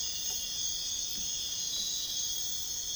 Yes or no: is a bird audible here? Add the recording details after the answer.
no. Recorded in dense forest near Puerto Asís, Putumayo, Colombia, on 18 February 2024 at 05:30. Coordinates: 0.502, -76.324. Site G6370